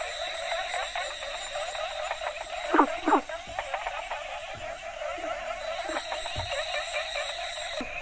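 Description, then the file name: Frogs: frog chorus with scattered short croaks and clicks, a pair of louder rasping croaks midway, over constant layered trilling in the background. Several frog species calling together in Asia; chorus soundscape. "asian frogs variety"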